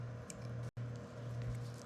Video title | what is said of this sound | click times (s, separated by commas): How to upgrade a Abu Garcia 7000C3 catfish special | and it just pops right in there | 0.3 s